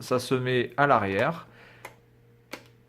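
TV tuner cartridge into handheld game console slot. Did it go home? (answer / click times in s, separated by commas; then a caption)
yes / 1.8 s, 2.5 s. Someone talks while a plastic Japanese TV tuner module for the Sega Game Gear handheld console is pushed into the cartridge slot at the back, like a game cartridge. Short sharp ticks are heard at 1.9 s and 2.5 s as the tuner clips in and is seated.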